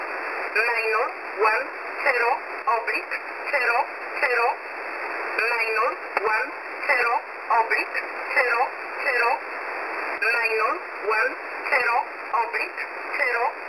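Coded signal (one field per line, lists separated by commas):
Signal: numbers station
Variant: E11 Oblique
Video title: E11 Oblique 02/12/2023 1430 UTC 13363kHz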